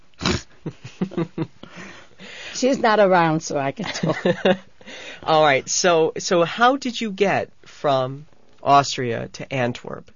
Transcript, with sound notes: was. ( they laugh ) She's not around, so I can talk.
( he laughs ) All right. So how did you get from Austria to Antwerp?